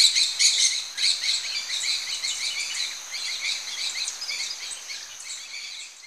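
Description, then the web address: Maroon-tailed parakeet chatter: continuous rapid, harsh, squeaky notes, fading toward the end. Recorded in Ecuador. "Natures Songs S America Birds of Ecuador Maroon-tailed Parakeet"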